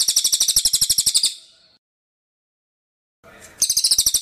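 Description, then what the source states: Bird giving a rapid, high trill that fades out, followed by a silent gap and then the same fast trill starting again. Songbird song used for training songbirds (masteran).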